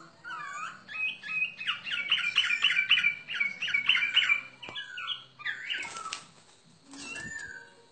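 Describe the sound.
Bird song with a fast string of repeated chirping notes, then scattered notes and a brief harsh noise, over a low background hum.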